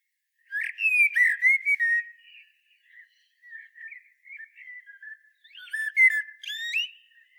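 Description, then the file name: Common blackbird song: rich whistled phrase with chattering notes, then a run of softer warbles, and a second loud fluty burst with rising whistles near the end. "Turdus merula"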